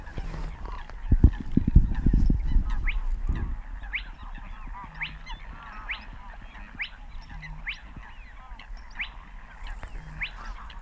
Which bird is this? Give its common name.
Spotted Crake